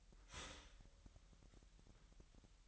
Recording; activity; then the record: daily activity, microphone in the room; start toaster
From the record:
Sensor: 3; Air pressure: 1001.9 hPa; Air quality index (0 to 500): 247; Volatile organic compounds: 50 ppm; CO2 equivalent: 3300 ppm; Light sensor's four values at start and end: 13/40/17/15 and 13/40/17/15